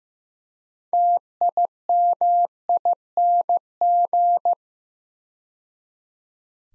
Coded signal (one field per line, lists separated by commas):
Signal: Morse code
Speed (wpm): 15 wpm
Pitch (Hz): 700 Hz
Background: none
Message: TIMING